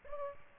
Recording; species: mosquito wingbeat signal from an infrared sensor; Culex pipiens